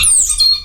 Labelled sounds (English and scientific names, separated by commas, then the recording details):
Stitchbird (Notiomystis cincta) song
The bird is a male
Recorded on Tiritiri Matangi Island, New Zealand, in 2005
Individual 22, of nest box 31